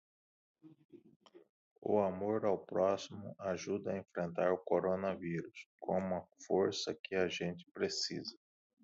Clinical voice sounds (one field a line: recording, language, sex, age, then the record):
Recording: spoken sentence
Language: Brazilian Portuguese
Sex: male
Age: 30 to 39 years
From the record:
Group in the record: control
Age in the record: 37 years